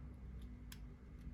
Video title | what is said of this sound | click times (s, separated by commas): Redmi 12 sim kartı nasıl takılır | Tık diye bir ses geliyor. | 0.7 s